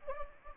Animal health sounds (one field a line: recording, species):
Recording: mosquito wingbeat signal from an infrared sensor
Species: Anopheles gambiae